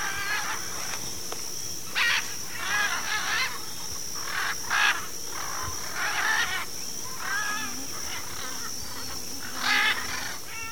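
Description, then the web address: Military macaw squawks, loud rasping calls with a buzzy, ringing quality, given in irregular bursts over a steady high whine. Recorded in Ecuador. "Birds of Ecuador. Military Macaw"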